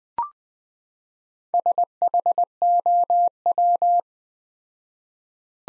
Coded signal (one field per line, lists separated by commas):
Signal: Morse code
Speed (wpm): 21 wpm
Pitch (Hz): 700 Hz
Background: none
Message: SHOW